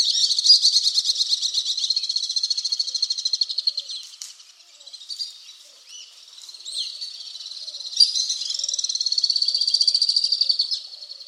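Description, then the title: Alpine swift giving long, high rattling trills, with a quieter stretch midway before another strong trill. "Le chant du martinet à ventre blanc"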